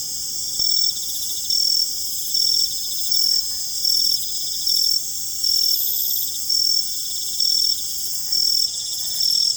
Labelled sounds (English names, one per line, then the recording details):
none
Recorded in secondary vegetation near Puerto Asís, Putumayo, Colombia, on 21 December 2024 at 19:30
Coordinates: 0.468, -76.324
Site G095